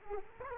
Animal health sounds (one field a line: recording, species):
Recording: mosquito wingbeat signal from an infrared sensor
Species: Culex quinquefasciatus